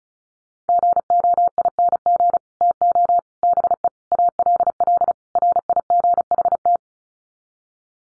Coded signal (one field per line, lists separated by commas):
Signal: Morse code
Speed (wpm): 34 wpm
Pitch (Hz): 700 Hz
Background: none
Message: GOING TO BE ALL RIGHT